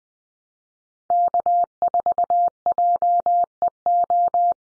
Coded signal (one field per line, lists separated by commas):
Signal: Morse code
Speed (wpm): 20 wpm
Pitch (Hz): 700 Hz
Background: none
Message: K4JEO